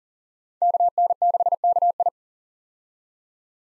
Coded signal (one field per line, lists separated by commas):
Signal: Morse code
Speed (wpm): 37 wpm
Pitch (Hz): 700 Hz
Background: none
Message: KN6KI